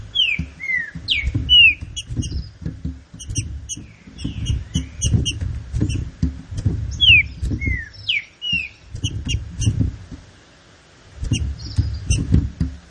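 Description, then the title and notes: Green-winged saltator song: clear, slurred whistled phrases repeated in groups, over steady low rumbling and thumping noise. Classic-style song of the green-winged saltator, used for training birds. "Canto Clássico Trinca Ferro TREINAMENTO. trinca fero"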